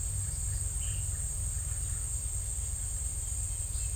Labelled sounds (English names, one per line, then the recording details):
none
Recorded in secondary vegetation near Puerto Asís, Putumayo, Colombia, on 26 December 2024 at 16:30
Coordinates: 0.499, -76.323
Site G010